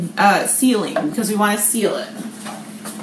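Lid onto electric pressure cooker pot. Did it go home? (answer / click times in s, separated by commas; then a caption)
no / none. Someone talks while handling the lid being put onto an electric pressure cooker pot, with the vent set to sealing to seal it up. Nothing has seated or clicked yet in this clip.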